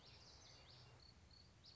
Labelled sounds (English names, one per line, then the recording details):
Common Yellowthroat
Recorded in Sonoma County, California